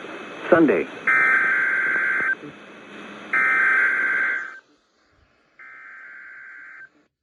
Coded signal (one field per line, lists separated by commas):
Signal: Emergency Alert System (SAME) tones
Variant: header bursts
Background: speech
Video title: EAS #311-313 Chicago Weekly Test